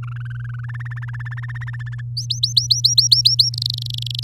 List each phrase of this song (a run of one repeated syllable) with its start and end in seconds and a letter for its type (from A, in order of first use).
0.03-0.66 A, 0.68-2.01 B, 2.17-3.50 C, 3.54-4.24 D